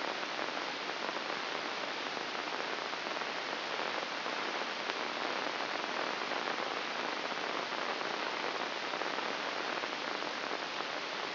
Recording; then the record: brain microelectrode recording played as sound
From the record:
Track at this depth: inside the subthalamic nucleus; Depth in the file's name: 1.407 mm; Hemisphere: right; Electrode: 2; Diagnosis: Parkinson's disease